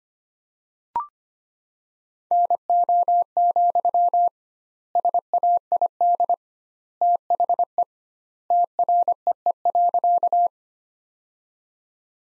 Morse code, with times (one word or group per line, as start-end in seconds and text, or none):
2.3-4.3 NO,
5.0-6.3 SAID
7.0-7.8 THE
8.5-10.5 TREE.